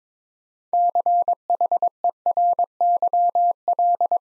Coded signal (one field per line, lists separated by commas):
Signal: Morse code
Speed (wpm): 22 wpm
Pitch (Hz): 700 Hz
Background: none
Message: CHERYL